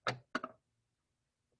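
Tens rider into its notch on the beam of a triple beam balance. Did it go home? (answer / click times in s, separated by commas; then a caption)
yes / 0.4 s. After the hundreds rider is moved back, the tens rider is slid along the beam of a triple beam balance and clicks into its notch at 0.4 seconds. A sharp tap sounds at 0.1 seconds, then the louder click at 0.4 seconds with a quick second knock right after. The rider is seated in place.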